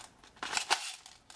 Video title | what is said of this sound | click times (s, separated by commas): Echo 614 AEG | make sure it clicks and push it in there it wiggle a little bit but it's not coming out you press | 0.6 s